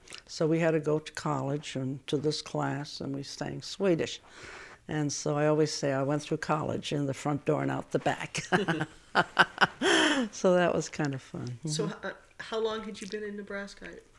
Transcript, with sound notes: So we had to go to college and to this class and we sang Swedish. And I always say I went through college in the front door and out the back. (they laughs) So that was kind of fun. So how, how long had you been in Nebraska?